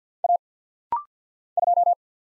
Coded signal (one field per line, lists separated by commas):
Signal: Morse code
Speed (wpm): 50 wpm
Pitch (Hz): 700 Hz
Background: none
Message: A 2